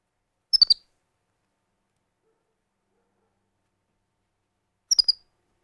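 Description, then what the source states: Capuchin monkey giving two short high squeaky chirp bursts several seconds apart, with silence in between. Scared.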